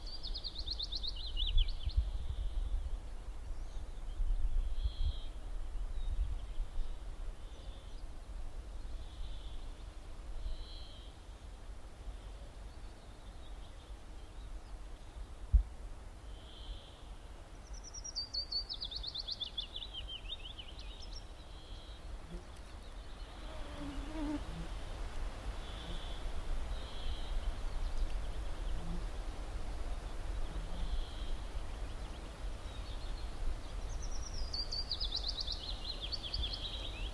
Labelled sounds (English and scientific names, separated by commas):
Willow Warbler (Phylloscopus trochilus) song